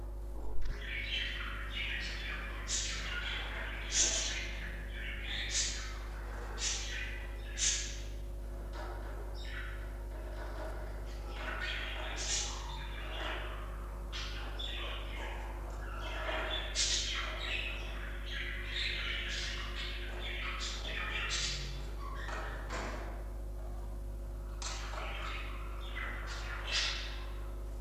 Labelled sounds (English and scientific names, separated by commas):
Budgerigar (Melopsittacus undulatus) call